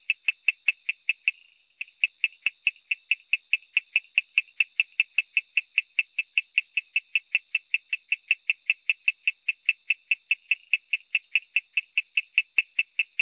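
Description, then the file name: Coorg yellow bush frog call: brisk repeated clicky chirps, a short buzzy trill near the start, then an unbroken train of notes at a quick steady rate. "Raorchestes luteolus call"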